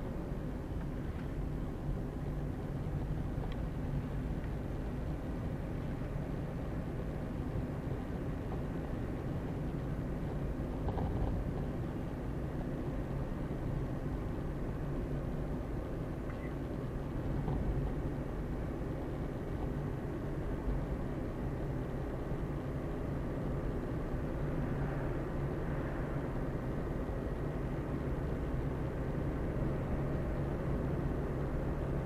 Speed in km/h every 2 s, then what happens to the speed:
26, 24, 25, 27, 29, 29, 31, 32, 32, 33, 34, 36, 37, 39, 40, 42.
3-32 speeds up to 42.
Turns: none.